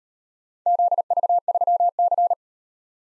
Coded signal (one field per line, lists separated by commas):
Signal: Morse code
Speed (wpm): 38 wpm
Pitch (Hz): 700 Hz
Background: none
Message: ZV3C